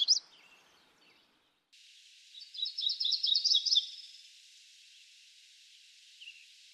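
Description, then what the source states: MacGillivray's Warbler, a single burry song of quick repeated notes, after a brief fragment of an earlier song. Various songs; the bird likes dense thickets, shrubbery and willows and is sulky and hard to see.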